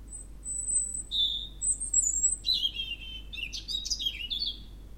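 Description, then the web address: European robin song opening with drawn-out, very high thin whistles, then breaking into a quick jumble of tinkling, twittering notes. "Spev Vtakov cervienka"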